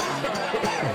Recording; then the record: coughing mixed with background sound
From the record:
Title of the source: Dry Coughing Fit in the Afternoon.